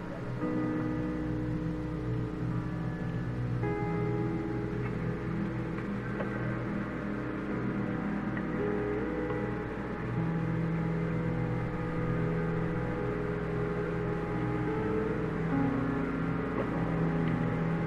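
A car hums along with a steady, low engine drone made of several held tones that stay level for the whole stretch. The pitch shifts slightly around four and ten seconds, and faint scattered knocks and ticks sit on top of the drone.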